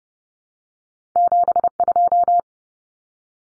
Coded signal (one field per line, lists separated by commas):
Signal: Morse code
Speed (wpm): 30 wpm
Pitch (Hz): 700 Hz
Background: none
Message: 72